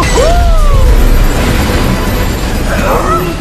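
A heavy metal gas cylinder from a barbecue grill crashes down onto a handcart with a loud, booming clatter as a barbecue party breaks up in a noisy, chaotic scene, with high yelping or shouting voices rising and falling around it.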